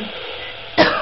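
One short, harsh cough or throat-clearing burst near the end, after quiet background hiss; acted by an adult in a radio drama.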